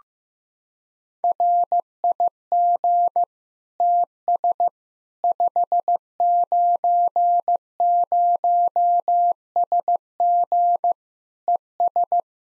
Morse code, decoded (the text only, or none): RIG TS 590SG ES